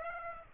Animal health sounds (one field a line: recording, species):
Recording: mosquito wingbeat signal from an infrared sensor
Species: Aedes aegypti